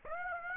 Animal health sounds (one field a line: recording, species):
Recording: mosquito wingbeat signal from an infrared sensor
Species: Aedes aegypti